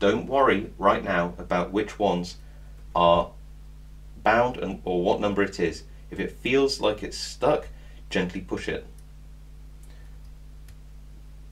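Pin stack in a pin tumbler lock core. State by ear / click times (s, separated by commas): seated / 10.7 s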